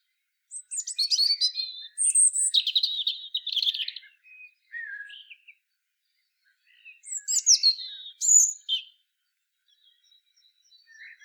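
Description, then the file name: European robin delivering rapid, high, tinkling warbled phrases with short trills, a quiet gap, then another bright phrase and faint notes trailing off. "Erithacus rubecula"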